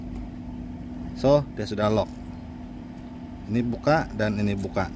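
A homemade anti-theft lock on a motorcycle is handled: its bolt is worked toward its catch while someone talks over a steady low hum. Nothing has seated or clicked yet; the bolt is not home.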